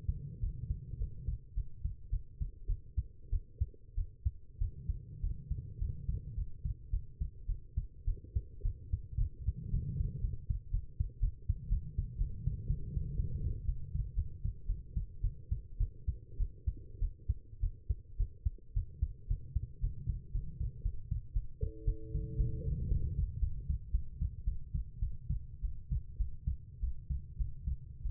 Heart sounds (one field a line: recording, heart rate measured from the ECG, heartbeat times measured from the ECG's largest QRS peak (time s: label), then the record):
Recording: heart sounds by stethoscope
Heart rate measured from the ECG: 109 bpm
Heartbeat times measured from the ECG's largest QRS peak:
0.41 s: heartbeat
0.99 s: heartbeat
1.55 s: heartbeat
2.10 s: heartbeat
2.67 s: heartbeat
3.30 s: heartbeat
3.95 s: heartbeat
4.59 s: heartbeat
5.21 s: heartbeat
5.79 s: heartbeat
6.36 s: heartbeat
6.91 s: heartbeat
7.47 s: heartbeat
8.05 s: heartbeat
8.63 s: heartbeat
9.18 s: heartbeat
9.71 s: heartbeat
10.22 s: heartbeat
10.71 s: heartbeat
11.20 s: heartbeat
11.69 s: heartbeat
12.18 s: heartbeat
12.67 s: heartbeat
13.17 s: heartbeat
13.66 s: heartbeat
14.15 s: heartbeat
14.67 s: heartbeat
15.22 s: heartbeat
15.78 s: heartbeat
16.38 s: heartbeat
17.00 s: heartbeat
17.61 s: heartbeat
18.17 s: heartbeat
18.74 s: heartbeat
19.28 s: heartbeat
19.81 s: heartbeat
20.33 s: heartbeat
20.83 s: heartbeat
21.34 s: heartbeat
21.85 s: heartbeat
22.38 s: heartbeat
22.89 s: heartbeat
23.40 s: heartbeat
23.92 s: heartbeat
24.45 s: heartbeat
25.00 s: heartbeat
25.62 s: heartbeat
26.18 s: heartbeat
26.81 s: heartbeat
27.38 s: heartbeat
28.03 s: heartbeat
From the record:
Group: healthy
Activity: rest 0-20 s, breath hold 20-28 s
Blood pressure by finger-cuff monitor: 121/84 mmHg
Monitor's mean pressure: 97 mmHg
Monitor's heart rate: 107 bpm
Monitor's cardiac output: 8 L/min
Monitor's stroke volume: 76 mL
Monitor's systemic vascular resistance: 870 dyn s/cm5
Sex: female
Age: 19 years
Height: 163 cm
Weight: 51 kg